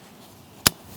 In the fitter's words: till it clicks into place and then you're ready